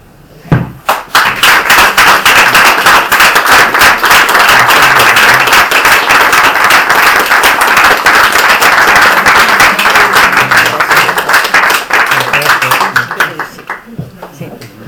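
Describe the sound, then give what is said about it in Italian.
A crowd breaks into sustained applause, many hands clapping in a dense, steady patter that swells quickly, holds loud for over ten seconds, then thins out toward the end. “Chiederei in primis anche un applauso per, adesso dico in ordine alfabetico, però i nomi,”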